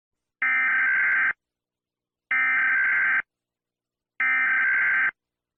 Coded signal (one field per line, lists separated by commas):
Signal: Emergency Alert System (SAME) tones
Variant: header bursts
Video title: EAS Scenario - A Second Opportunity (Part 5)